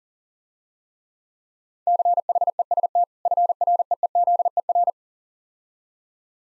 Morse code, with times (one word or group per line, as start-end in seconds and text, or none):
1.9-3.0 CHEST
3.3-4.9 FREEZER